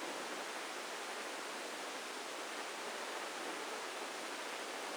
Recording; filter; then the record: brain microelectrode recording played as sound; spike band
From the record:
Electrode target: subthalamic nucleus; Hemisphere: left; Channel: 1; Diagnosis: Parkinson's disease